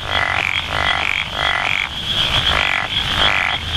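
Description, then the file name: Japanese wrinkled frog giving rasping croaks in repeated bursts, with a constant high-pitched whine behind. "tsuchigaeru"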